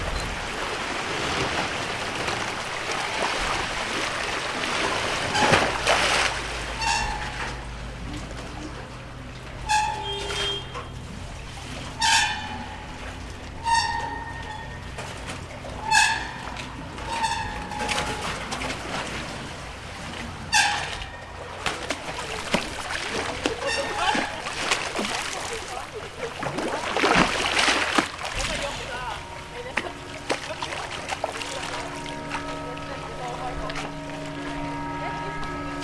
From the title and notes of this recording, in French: La nuit – Venise. La nuit, quand Venise est presque désertée par ses habitants et surtout par ses hordes de touristes, la nature se donne à entendre. Les vagues déferlent, les embarcadères grincent, craquent, s’entrechoquent.